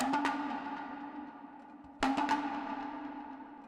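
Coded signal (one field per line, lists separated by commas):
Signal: talking drum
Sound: two quick groups of three resonant drum strokes with ringing, slightly bending low pitch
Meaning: The drummed phrase spells the name T'Challa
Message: T'Challa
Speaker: And then the last final element for the talking drum is T'Challa's name. T'Challa.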